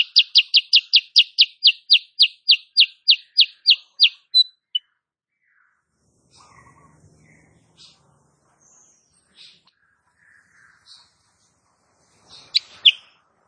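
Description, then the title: Sooty-headed bulbul rapid song: an even, fast series of bright, sharp notes for about four seconds, followed by faint background sounds and a last short chirp. Female sooty-headed bulbul, cage bird singing actively (gacor) in the tight rapid 'nembak rapat' style, used as a master recording for training cage birds. "Masteran Kutilang Sutra. Kutilang SUTRA BETINA GACOR nembak RAPAT"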